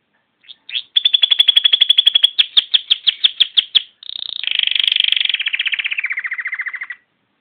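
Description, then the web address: Canary song opening with a long, rapid trill of identical notes that slows slightly, then turns into a buzzy rolling trill that drops in pitch. "Bird Songs Canary"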